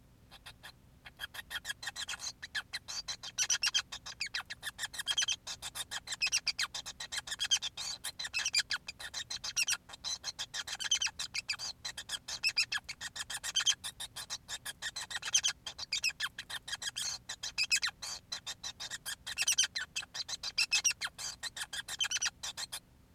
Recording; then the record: song of a male Bengalese finch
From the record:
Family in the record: son of father 5